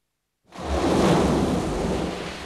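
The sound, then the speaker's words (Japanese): After a brief silence, a loud, steady roar of storm wind and crashing surf from a passing typhoon swells in over a very rough sea, with deep rumbling underneath that suggests thunder, sustained for a couple of seconds with no voices. “水曜日、台風通過。”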